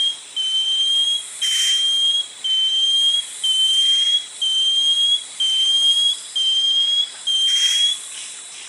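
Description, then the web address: Banded Antbird whistled call: eight thin, high whistles, each drawn out and rising slightly, repeated about once a second, over a faint steady hiss. South America, eastern lowlands. "Natures Songs S America Eastern Lowlands Banded Antbird"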